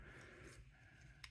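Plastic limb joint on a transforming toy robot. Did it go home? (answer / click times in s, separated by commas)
yes / 1.2 s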